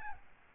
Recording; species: mosquito wingbeat signal from an infrared sensor; Aedes albopictus